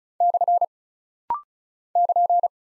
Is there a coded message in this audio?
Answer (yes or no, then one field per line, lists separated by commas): yes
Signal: Morse code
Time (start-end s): 0.2-2.5 s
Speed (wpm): 36 wpm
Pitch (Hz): 700 Hz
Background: none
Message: / <KN>